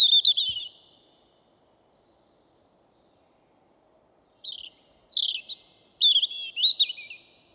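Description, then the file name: European robin song: a short high warbled phrase, then silence for several seconds before a longer phrase of thin, tumbling whistles and trills jumping up and down in pitch. "Erithacus rubecula"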